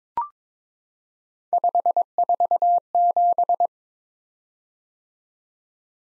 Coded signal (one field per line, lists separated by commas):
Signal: Morse code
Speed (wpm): 22 wpm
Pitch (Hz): 700 Hz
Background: none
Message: 547